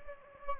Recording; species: mosquito wingbeat signal from an infrared sensor; Anopheles gambiae